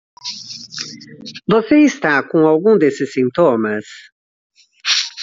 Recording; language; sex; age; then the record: spoken sentence; Brazilian Portuguese; female; 60 to 69 years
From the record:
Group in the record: control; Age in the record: 62 years